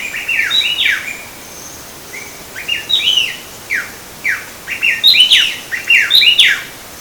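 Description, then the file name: Long-billed wren song: loud, clear whistled phrases slurring downward, given in bursts, with short quiet gaps between bouts. Three birds; Bertioga, São Paulo state, Brazil; recorded 17-8-12. "Thryothorus-longirostris-3 birds-Bertioga-SP-Brazil-17-8-12-ASilveira"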